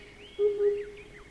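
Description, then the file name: Oriental cuckoo call: a single low, hollow two-part hoot, with faint high chirps from other birds behind it. "tsutsudori"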